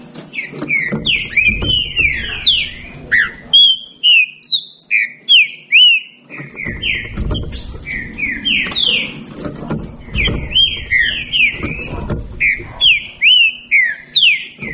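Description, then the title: Green-winged saltator song: fast runs of loud, downslurred whistles over low background rumble. Birds engaged in a singing dispute. "Trinca Ferro Nicao"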